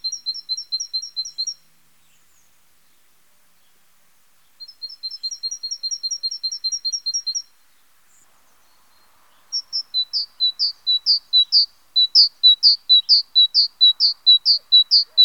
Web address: chant Mesange charbonniere